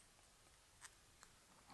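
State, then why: Seated. While servicing a mountain bike's rear air shock, a rubber seal greased with SRAM Butter is worked into its groove at the bottom of the air can. Amid faint handling rustle, a brief, faint tick at 1.2 s marks the seal snapping into place, and it is seated.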